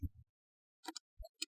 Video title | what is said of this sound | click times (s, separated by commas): Yarbo Y Data Center - Roof Installation | And it clicks into place for you, and you'll put a screw in when you're set and ready. | 1.4 s